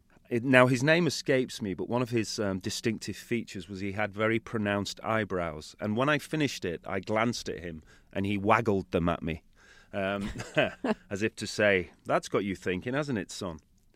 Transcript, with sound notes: Now, his name escapes me, but one of his distinctive features was he had very pronounced eyebrows. And when I finished it, I glanced at him and he waggled them at me...
(LAUGHTER)
...As if to say, that's got you thinking, hasn't it, son?